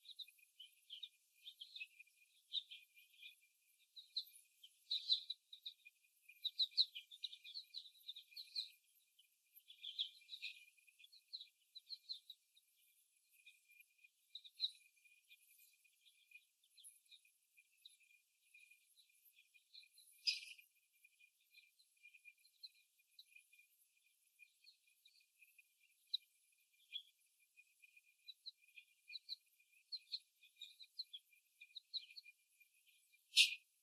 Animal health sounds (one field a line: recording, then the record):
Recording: young laying hens in a cage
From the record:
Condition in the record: before the stressor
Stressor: simulated dog barking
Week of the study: 1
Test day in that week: 1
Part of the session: 3